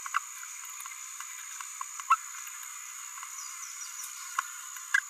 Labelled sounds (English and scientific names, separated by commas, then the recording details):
Green-rumped Parrotlet (Forpus passerinus) babbling
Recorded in a nest box in Venezuela
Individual 18B17A5